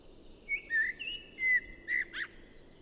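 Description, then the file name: Common blackbird song, a series of mellow whistled notes at slightly different pitches, each short and separate, ending with two brief squeakier notes over soft hiss. "Turdus merula"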